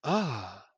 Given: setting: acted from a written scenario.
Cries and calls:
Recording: vocal sound without words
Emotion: elation

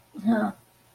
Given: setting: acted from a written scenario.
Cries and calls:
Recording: vocal sound without words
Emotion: contentment

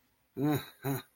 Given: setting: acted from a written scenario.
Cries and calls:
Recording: vocal sound without words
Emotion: distress

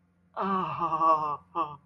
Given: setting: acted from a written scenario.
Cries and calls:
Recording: vocal sound without words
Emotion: pain

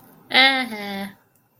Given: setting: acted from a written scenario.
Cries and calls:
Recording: vocal sound without words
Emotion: pride

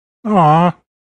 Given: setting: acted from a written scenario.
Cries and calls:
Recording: vocal sound without words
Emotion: disappointment

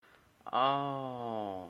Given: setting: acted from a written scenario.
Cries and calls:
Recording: vocal sound without words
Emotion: awe

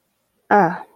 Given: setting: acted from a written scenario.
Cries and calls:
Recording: vocal sound without words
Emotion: neutral

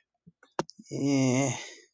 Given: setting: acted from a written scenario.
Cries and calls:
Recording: vocal sound without words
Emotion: guilt

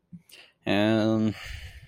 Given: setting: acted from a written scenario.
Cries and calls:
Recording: vocal sound without words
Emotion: sympathy

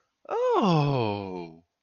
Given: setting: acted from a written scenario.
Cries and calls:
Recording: vocal sound without words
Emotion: interest

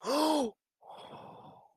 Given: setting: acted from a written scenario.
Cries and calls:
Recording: vocal sound without words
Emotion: awe

